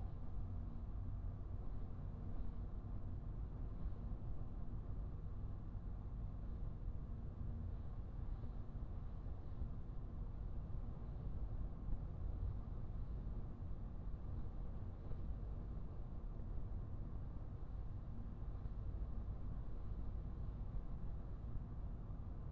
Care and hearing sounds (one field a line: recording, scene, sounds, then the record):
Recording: everyday scene through a hearing-aid microphone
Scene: in a vehicle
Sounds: engine, highway driving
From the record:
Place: Skoda Fabia, gasoline engine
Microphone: behind the ear, right, rear